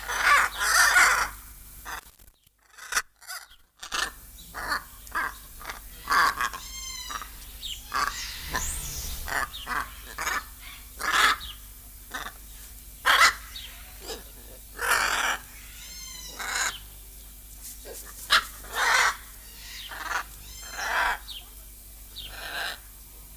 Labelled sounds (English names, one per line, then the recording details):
Hyacinth Macaw
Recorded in captivity
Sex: pair
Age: adult
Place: Tierpark Berlin, Berlin, DE
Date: 2002-03-17 15:25
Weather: sunny, 14°C
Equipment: Sony WM-D6C, Sennheiser MKH 416, Kopie Uher 4000 Report Monitor
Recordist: Tembrock, Günter